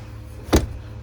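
A folded-up rear seat bottom in a 2019 Ford F150 is pushed up after a failed try until its latch pin snaps into the seat-back latch. A single sharp click is heard at 0.6 s over a low steady hum. The seat bottom is latched.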